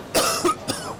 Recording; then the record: coughing mixed with background sound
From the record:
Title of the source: Coughing 79